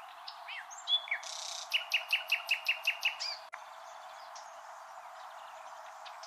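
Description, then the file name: Common nightingale song: a few varied notes, then a fast, steady series of about eight loud, clicking, downslurred notes repeated rapidly, followed by quieter background chatter. "Luscinia megarhynchos"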